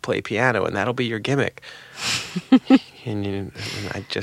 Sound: laughter

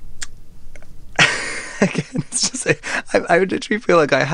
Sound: laughter

